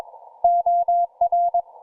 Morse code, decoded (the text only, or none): OR